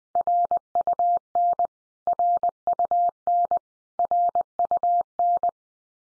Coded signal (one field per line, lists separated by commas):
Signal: Morse code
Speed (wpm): 20 wpm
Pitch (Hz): 700 Hz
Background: none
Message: RUN RUN RUN